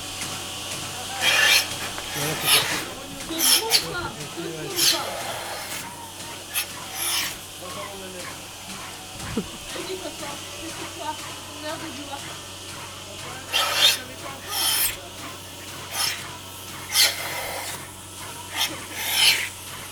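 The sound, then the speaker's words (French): Milking cows by hand: rhythmic, raspy hissing squirts come in short bursts and clusters, over a low steady hum with occasional soft thumps and faint background murmur. “Je crois que c'est la traite des vaches.”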